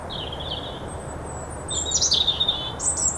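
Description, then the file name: European robin song: a faint high warble, then a louder, rapid run of sharp, glittering high notes toward the end, over steady hiss. "Erithacus rubecula"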